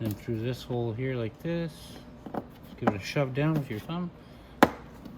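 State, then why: Seated. A plastic push-in trim clip is pushed through the hole in the front fairing panel of a Venom Roma 50cc scooter and shoved down with a thumb while someone talks. One sharp snap is heard at 4.6 seconds as the clip pops into place and seats.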